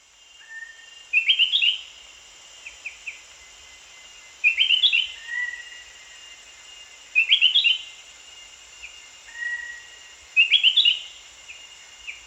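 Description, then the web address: Spectacled bulbul calling: brief bubbling clusters of high notes about every three seconds, with softer whistled notes between phrases and a constant hiss. Recorded at Danum on 1 January 2008. "DANUM 20080101 spectacled bulbul"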